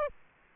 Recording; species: mosquito wingbeat signal from an infrared sensor; Aedes aegypti